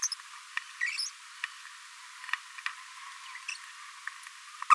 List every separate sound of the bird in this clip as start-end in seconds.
0.03-0.08, 0.98-1.09, 3.48-3.55, 4.70-4.75